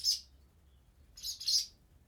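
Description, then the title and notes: Swallow nestlings give a brief, high, hissing begging burst, then after a quiet gap two more in quick succession. Nestlings moving in their nest in a nearby cellar, parents coming to feed them; Chaussenans, France; excerpt of a long recording, 96/32, MixPre-6 II, DPA 4022 ORTF in Cinela Albert. "BB HIRONDELLES CAVE, 39800 Chaussenans, France - BÉBÉ HIRONDELLES NID DANS LA CAVE. NID D'HIRONDELLES DANS LA CAVE EN PROXIMITÉ. Les Bébé bougent dans leur nid et leur parents viennent les nourrir"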